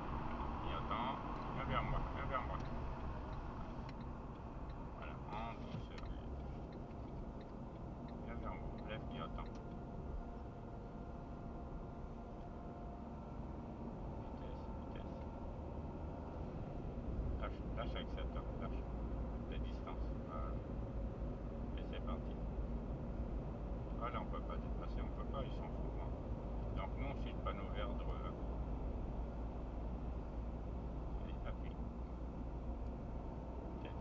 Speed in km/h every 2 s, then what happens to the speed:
53, 53, 55, 57, 57, 57, 61, 62, 64, 60, 58, 59, 58, 63, 65, 66, 71.
0-16 speeds up to 64. 16-24 slows to 58. 24-34 speeds up to 71.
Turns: none.